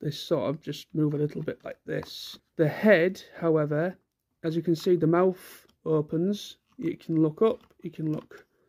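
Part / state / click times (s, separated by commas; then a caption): head joint of toy figure / not seated / none. Someone talks while handling a plastic dinosaur toy, a Transformers SS-86 Grimlock, opening its mouth and moving its head up and down on its joint. The head joint has not clicked into place yet.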